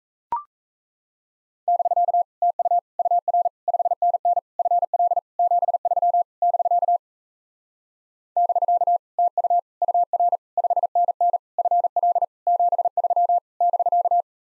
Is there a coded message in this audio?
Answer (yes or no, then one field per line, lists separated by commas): yes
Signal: Morse code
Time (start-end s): 1.7-14.2 s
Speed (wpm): 38 wpm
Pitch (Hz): 700 Hz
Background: none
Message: <BK> TU UR 5NN FL 73 <BK> <BK> TU UR 5NN FL 73 <BK>